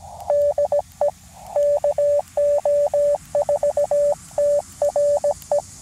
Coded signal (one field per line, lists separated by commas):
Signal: Morse code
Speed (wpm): 17 wpm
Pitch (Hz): 580 Hz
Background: radio noise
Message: DE KO4TRE